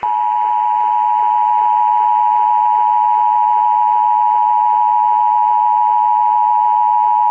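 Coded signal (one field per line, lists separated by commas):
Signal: Emergency Alert System (SAME) tones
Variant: 853 and 960 Hz attention tone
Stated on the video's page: Valid EAS tones in a New Year's Eve scenario recreation, not a real alert.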